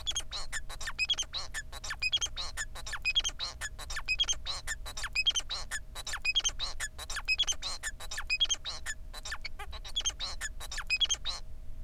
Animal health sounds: song of a male Bengalese finch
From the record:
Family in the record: son of father 4

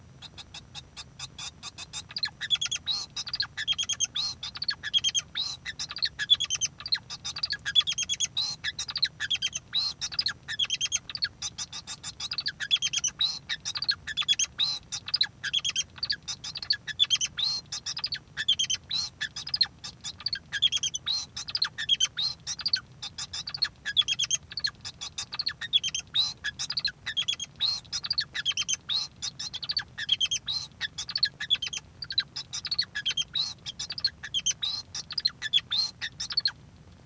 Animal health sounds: song of a male Bengalese finch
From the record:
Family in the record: son of father 2

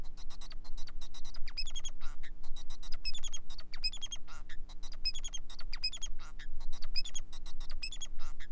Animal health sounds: song of a male Bengalese finch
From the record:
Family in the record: son of father 4

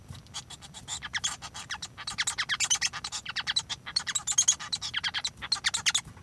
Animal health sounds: song of a male Bengalese finch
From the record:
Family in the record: son of father 1

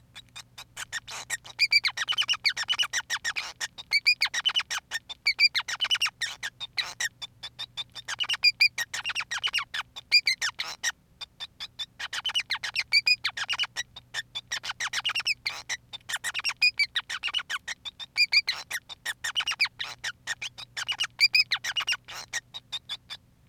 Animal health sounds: song of a male Bengalese finch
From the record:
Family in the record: son of father 5

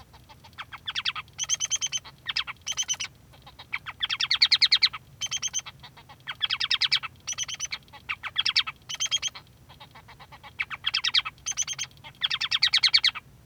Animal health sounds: song of a male Bengalese finch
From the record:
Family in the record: son of father 3

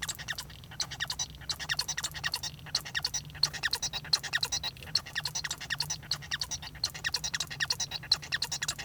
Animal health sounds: song of a male Bengalese finch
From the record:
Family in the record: son of father 1

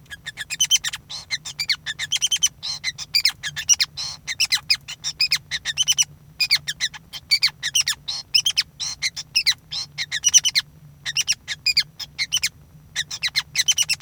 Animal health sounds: song of a male Bengalese finch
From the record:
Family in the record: son of father 5

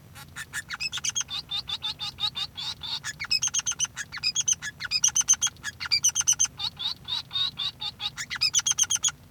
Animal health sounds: song of a male Bengalese finch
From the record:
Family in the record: son of father 3

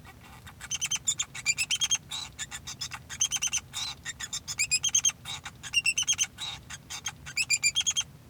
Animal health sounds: song of a male Bengalese finch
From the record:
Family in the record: son of father 2

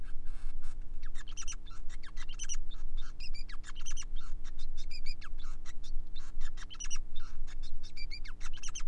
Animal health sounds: song of a male Bengalese finch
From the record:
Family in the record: son of father 5

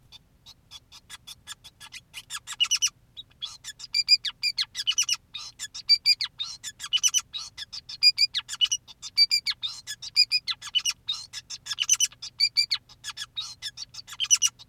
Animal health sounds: song of a male Bengalese finch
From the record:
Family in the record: son of father 2, and himself father 5

